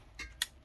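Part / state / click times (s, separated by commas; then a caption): magnetized miniature part onto a painted model / seated / 0.4 s. A magnetized chain or armour piece is fitted back onto a painted plastic or resin miniature. A soft broadband rustle at about 0.2 s is followed by a sharp, bright tick at 0.4 s as the part clicks into place and seats.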